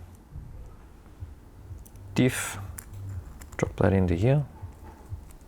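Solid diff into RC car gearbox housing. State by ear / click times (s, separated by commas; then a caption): not seated / none. The solid diff/axle of a 3D printed 1/10 scale RC Formula 1 kit is handled and brought toward its seat in the printed gearbox housing, with small plastic taps and light clicks while someone talks. Nothing has seated or clicked into place yet.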